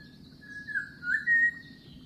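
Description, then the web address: Bird whistled calls, a few short slurred notes that dip and rise, ending on a louder, steadier whistle, with a faint constant high hiss and low rumble behind. Unidentified bird species recorded in mangroves. "Sound Effects-Foundation BIRD UNKNOWN MAGROVES"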